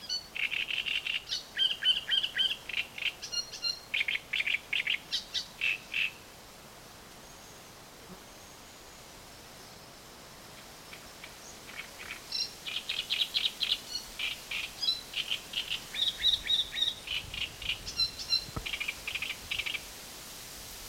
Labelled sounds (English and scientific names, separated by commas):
Great Reed Warbler (Acrocephalus arundinaceus)